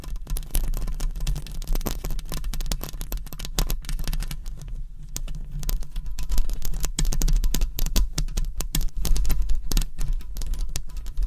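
Long nails scratch over a microphone in a dense, continuous rasp made of rapid, irregular strokes and crackles that reach from low thuds up into bright hiss. A steady low rumble sits underneath throughout, and the scratching thins briefly near five seconds before growing fuller.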